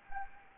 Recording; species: mosquito wingbeat signal from an infrared sensor; Anopheles gambiae